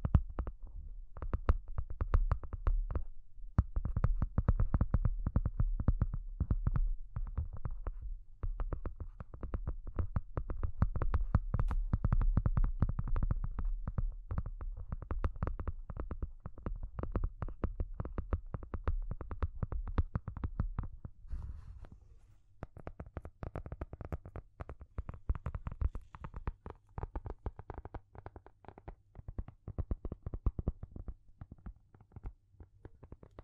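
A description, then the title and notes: Deep bassy sounds fill the recording: a thick low rumble under rapid, dense tapping and crackling clicks. After about 22 seconds the heavy low end drops away, leaving lighter, scattered clicks and soft rustling that thin out toward the end. ASMR Deep and Bassy Sounds to Help You Sleep (No Talking).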